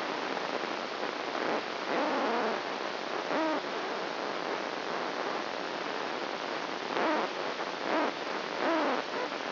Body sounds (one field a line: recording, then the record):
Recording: brain microelectrode recording played as sound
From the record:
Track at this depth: outside the subthalamic nucleus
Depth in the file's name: 0.207 mm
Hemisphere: right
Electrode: 2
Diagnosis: Parkinson's disease